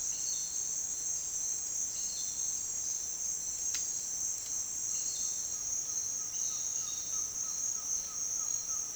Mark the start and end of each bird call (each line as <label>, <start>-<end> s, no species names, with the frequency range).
bird call (0.8-2.0 kHz), 5.29-8.95 s